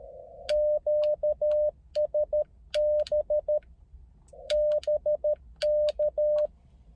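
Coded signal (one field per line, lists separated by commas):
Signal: Morse code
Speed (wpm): 13 wpm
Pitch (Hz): 600 Hz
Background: none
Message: QSB BK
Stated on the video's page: Beginner's CW contacts on 30m made from inside a car while operating portable, likely a POTA activation, with frequent sending errors.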